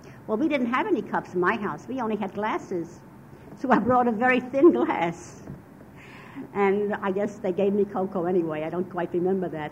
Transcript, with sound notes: Well, we didn't have any cups in my house, we only had glasses, so I brought a very thin glass. (she laughs) And I guess they gave me cocoa anyway, I don't remember that.